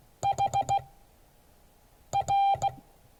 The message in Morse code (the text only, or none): HR